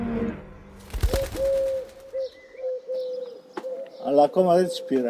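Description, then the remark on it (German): Low, hollow coos of wild pigeons repeat in a steady sequence, joined by faint higher bird chirps, with a sharp knock early on and a human voice breaking in near the end. “Was ist das für ein Vogel, dieses Huhu? Wecker auch da, das sind wilde Tauben.”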